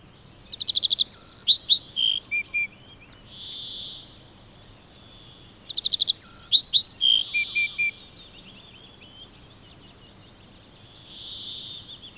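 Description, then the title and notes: Little Bunting song, two phrases about five seconds apart, each opening with sharp high ticking notes and ending in a blurred, buzzy flourish. "Pikkusirkku. Juha Laaksonen"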